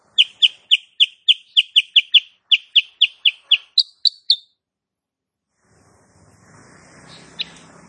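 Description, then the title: Sooty-headed bulbul chirping in a fast run of many sharp, bright notes, roughly four per second, the last few pitched higher, followed by soft background noise. Female kept cage bird; recording used as master song for training other cage birds; described as gacor (singing persistently) and nembak rapat, meaning rapid, closely packed firing notes. "Masteran Kutilang Sutra. Kutilang SUTRA BETINA GACOR nembak RAPAT"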